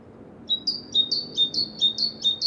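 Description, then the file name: Great tit repeating a bright, high see-saw of two alternating notes in steady rhythm, about five phrases in quick succession. "Parus major"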